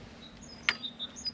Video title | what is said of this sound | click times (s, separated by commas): 106 – Kukirin G2 Max - Présentation et test #kugoo #kukirin #kukiring2max | là vous voyez le vous avez entendu le petit clic la prère sécurité | 0.7 s